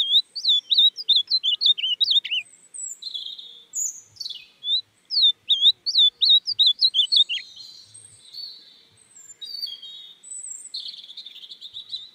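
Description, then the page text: Ultramarine grosbeak song: rapid run of clear slurred whistled notes, rising and falling, followed by thinner high twittering and buzzy phrases. "AZULÃO (Cyanoloxia Brissonii)"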